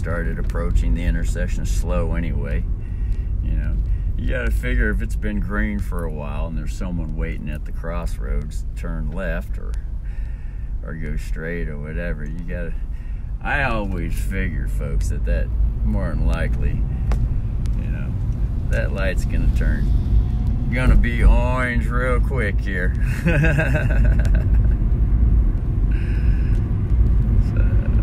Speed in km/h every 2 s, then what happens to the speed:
17, 15, 12, 7, 7, 8, 7, 13, 15, 18, 28, 28, 34, 34.
0-6 slows to 7. 6-12 steady at about 7. 12-14 speeds up to 13. 17-28 speeds up to 34.